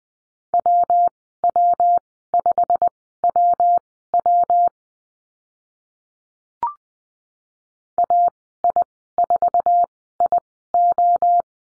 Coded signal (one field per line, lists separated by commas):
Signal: Morse code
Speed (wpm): 20 wpm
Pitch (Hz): 700 Hz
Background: none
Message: WW5WW AI4IO